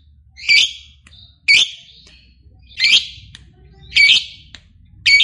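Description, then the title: Lovebird giving harsh, sharp squawky chirps, repeated roughly once a second. Lovebird described as reluctant to sing, prompted into spontaneous, excited singing. "LOVEBIRD Malas Bunyi JADI GREGET SPONTAN Langsung NARIK"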